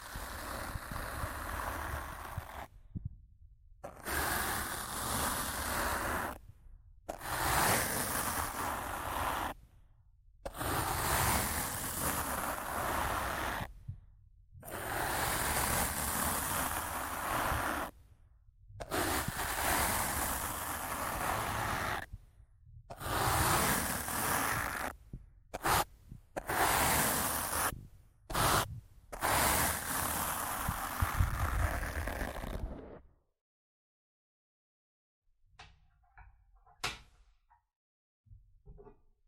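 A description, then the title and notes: Rough scratching and brushing on a microphone in dense bursts of a few seconds, cut by short silences, then faint scattered taps near the end. ASMR Rough Mic Scratching & Brushing (No Talking).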